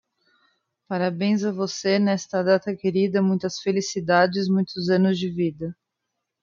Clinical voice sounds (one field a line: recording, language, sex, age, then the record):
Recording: short text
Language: Brazilian Portuguese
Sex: female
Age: 30 to 39 years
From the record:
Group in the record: control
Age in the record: 39 years